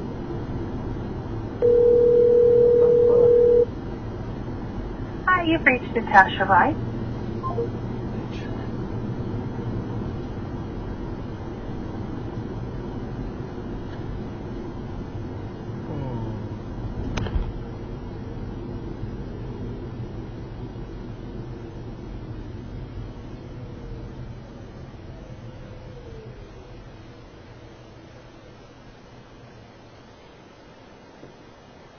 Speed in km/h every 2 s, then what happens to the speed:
79, 77, 77, 79, 79, 81, 79, 71, 61, 55, 47, 37, 26, 13, 0, 0.
0-12 steady at about 79. 12-28 brakes to 0. 28-32 standing.